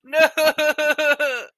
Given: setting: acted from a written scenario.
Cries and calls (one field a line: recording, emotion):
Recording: vocal sound without words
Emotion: distress